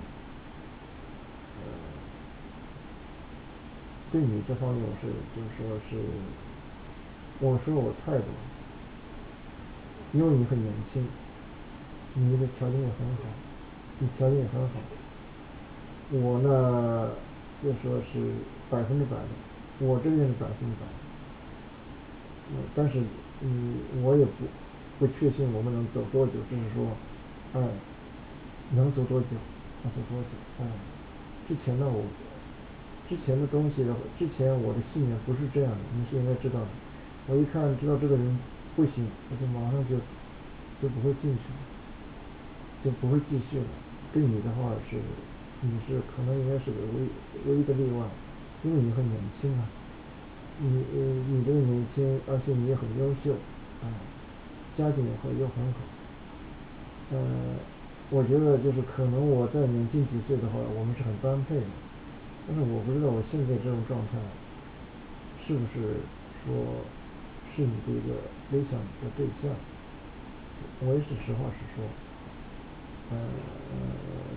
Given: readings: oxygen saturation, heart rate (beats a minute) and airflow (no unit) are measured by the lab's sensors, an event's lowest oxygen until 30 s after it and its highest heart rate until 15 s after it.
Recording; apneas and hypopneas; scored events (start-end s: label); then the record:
a person awake in a sleep study, by a voice recorder at the bedside; none
0.00-74.36 s: awake
From the record:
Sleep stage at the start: awake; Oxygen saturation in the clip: 95 to 96%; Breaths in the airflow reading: 22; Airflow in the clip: -3.4 to 4.7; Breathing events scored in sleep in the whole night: 216 in 7.0 hours asleep